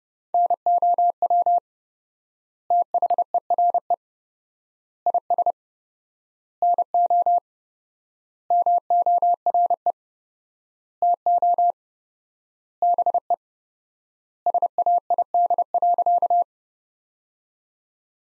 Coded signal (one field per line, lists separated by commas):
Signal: Morse code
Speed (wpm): 32 wpm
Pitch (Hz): 700 Hz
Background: none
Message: NOW THERE IS NO MORE TO BE SAID.